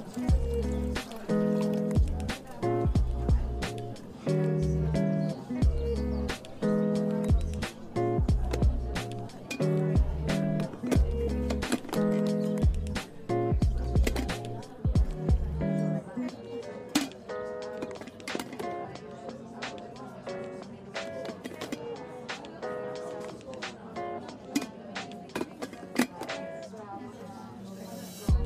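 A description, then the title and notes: Coffee shop ambience with steady overlapping chatter, frequent sharp clinks and knocks, and a low rumble that thins out after about sixteen seconds. Coffee shop ambience | cozy cafe. เสียงบรรยากาศสบายๆ ในร้านกาแฟ.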